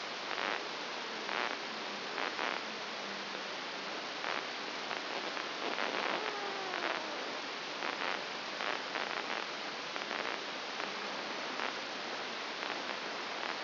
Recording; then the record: brain microelectrode recording played as sound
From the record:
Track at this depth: outside the subthalamic nucleus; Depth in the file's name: 6.301 mm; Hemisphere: left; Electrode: 2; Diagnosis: Parkinson's disease